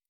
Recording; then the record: hydrophone in a shrimp aquaculture tank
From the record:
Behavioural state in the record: normal